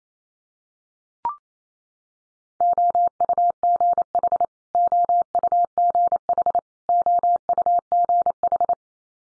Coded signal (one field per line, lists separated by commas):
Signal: Morse code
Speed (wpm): 28 wpm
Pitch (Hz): 700 Hz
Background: none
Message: OUGH OUGH OUGH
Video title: Multi-letter Phonemes Repeated 3x 28wpm